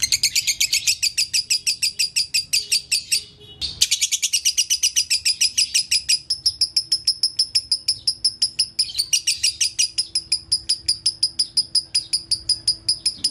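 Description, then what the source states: Lovebird song, a long run of fast, shrill, pulsed chirps, with a short pause early on before the rapid chatter continues. Lovebird tutor recording in the konslet song style, used to train other lovebirds.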